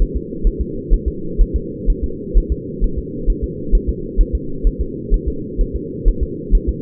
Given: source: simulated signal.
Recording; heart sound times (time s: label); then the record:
fetal heart sounds
0.02 s: S1
0.17 s: S2
0.47 s: S1
0.61 s: S2
0.94 s: S1
1.08 s: S2
1.42 s: S1
1.56 s: S2
1.90 s: S1
2.04 s: S2
2.38 s: S1
2.52 s: S2
2.84 s: S1
2.99 s: S2
3.30 s: S1
3.44 s: S2
3.75 s: S1
3.89 s: S2
4.21 s: S1
4.35 s: S2
4.67 s: S1
4.81 s: S2
5.14 s: S1
5.28 s: S2
5.61 s: S1
5.76 s: S2
6.08 s: S1
6.23 s: S2
6.55 s: S1
6.69 s: S2
From the record:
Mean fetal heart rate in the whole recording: 130 bpm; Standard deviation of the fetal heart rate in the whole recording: 4 bpm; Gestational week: 38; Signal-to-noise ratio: -4.3 dB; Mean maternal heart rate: 72 bpm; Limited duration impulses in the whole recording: absent